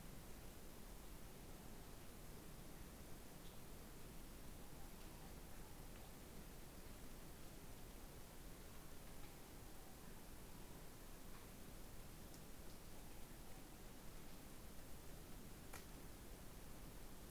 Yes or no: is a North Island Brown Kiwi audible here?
no